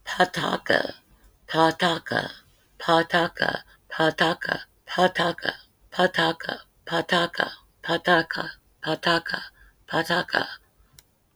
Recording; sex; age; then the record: repeated syllables /pa ta ka/; female; 40 to 49 years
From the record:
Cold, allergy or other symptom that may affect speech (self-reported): yes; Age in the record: 41 years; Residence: Kentucky, United States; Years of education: 17